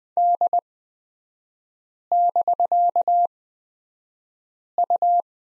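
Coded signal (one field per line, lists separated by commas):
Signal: Morse code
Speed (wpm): 20 wpm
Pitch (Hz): 700 Hz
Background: none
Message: D<BK>U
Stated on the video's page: Morse code course lesson on the prosign BK with three-character revision, sent at a Farnsworth speed of 20/10 wpm.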